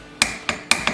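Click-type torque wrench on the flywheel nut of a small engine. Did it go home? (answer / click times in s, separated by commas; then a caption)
yes / 0.2 s, 0.7 s. A click-type torque wrench is pulled repeatedly on the flywheel nut of a small engine on an Echo leaf blower, set to 140 inch pounds. Sharp metallic clicks sound at 0.2 s and 0.7 s, with softer, similar clicks at about 0.5 s and 0.9 s. Each click confirms the nut has reached the 140 inch-pound specification.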